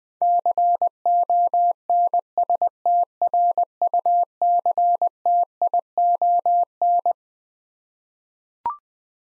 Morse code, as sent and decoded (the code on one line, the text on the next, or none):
-.-. --- -. ... - .-. ..- -.-. - .. --- -.
CONSTRUCTION